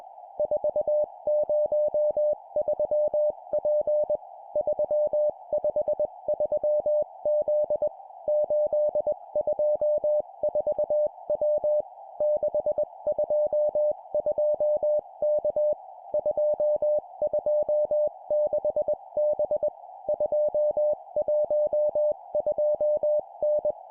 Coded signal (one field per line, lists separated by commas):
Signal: Morse code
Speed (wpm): 21 wpm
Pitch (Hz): 600 Hz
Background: music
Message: 403P 353Z 824W 622K 226B 212N